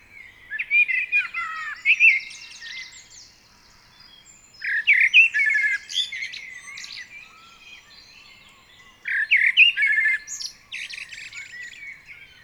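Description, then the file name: Common blackbird singing three phrases roughly four to five seconds apart, each a jumble of warbled notes and high squeaky twitters. "Turdus merula"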